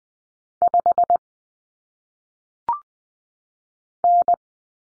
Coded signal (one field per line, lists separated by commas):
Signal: Morse code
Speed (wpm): 20 wpm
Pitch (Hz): 700 Hz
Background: none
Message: 5 N